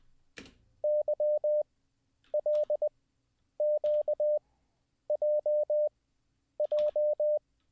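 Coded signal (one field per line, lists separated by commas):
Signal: Morse code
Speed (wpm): 20 wpm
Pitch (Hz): 600 Hz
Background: none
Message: YLQJJ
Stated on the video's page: Live Morse code learning session.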